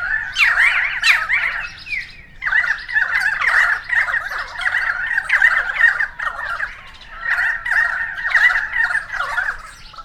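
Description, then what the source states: Harsh currawong squawks in overlapping bursts, a brief lull near two seconds, then sustained chattering calls to the end. Several currawongs recorded on 28 May 2013.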